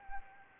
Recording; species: mosquito wingbeat signal from an infrared sensor; Anopheles arabiensis